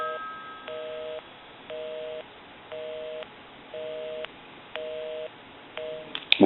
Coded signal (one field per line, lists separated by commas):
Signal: telephone call progress tone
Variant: North America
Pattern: busy tone